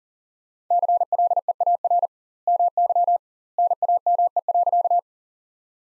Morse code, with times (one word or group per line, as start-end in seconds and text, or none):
0.7-2.1 CLEAR
2.5-3.2 MY
3.6-5.0 NAME.